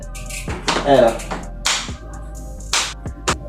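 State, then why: Seated. A shoe cleat is pressed into a clipless bicycle pedal binding again and clicks as it locks in at 1.7 s. Someone talks before and after the click, and a few other sharp taps follow.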